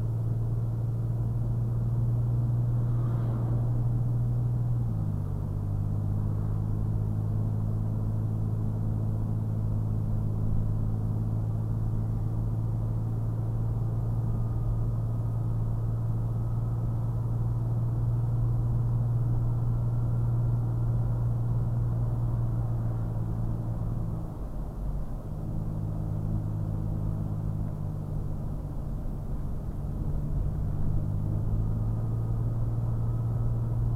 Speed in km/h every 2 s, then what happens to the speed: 42, 44, 44, 47, 48, 52, 55, 56, 58, 60, 61, 60, 55, 53, 52, 53, 56.
0-18 speeds up to 60. 22-27 slows to 52.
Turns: none.